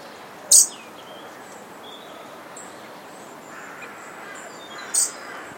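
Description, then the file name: European robin giving two brief, very high, thin call notes about four seconds apart, over a steady background hiss with faint chirps. "Erithacus rubecula"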